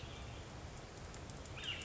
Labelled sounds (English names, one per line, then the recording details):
Northern Flicker
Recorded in Sonoma County, California